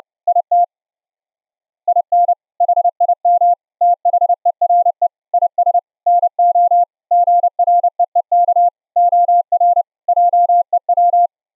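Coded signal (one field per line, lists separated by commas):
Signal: Morse code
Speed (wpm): 30 wpm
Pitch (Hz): 700 Hz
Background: none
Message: IT IN HIM THERE IS NO GREEK OR JEW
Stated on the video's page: Square-wave CW sidetone from a keyer or CPO re-keyed into a pure sine wave with raised-cosine edges, using a bandpass filter plugin on Windows 10.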